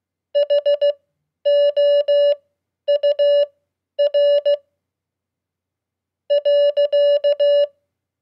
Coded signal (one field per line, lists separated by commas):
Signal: Morse code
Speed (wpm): 16 wpm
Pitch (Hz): 580 Hz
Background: none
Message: HOUR .